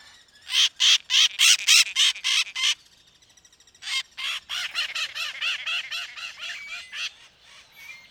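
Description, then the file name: Bird producing a quick series of loud, rasping squawks, then after a short gap a longer run of softer, fading notes and a thin whistle. "SABIOD 50 bird 2015"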